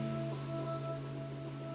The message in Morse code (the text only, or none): none